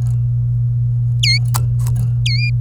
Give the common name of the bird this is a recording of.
Domestic Canary